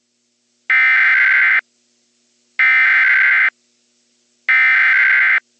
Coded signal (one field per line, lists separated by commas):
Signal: Emergency Alert System (SAME) tones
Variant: header bursts